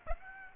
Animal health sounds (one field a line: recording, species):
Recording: mosquito wingbeat signal from an infrared sensor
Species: Aedes aegypti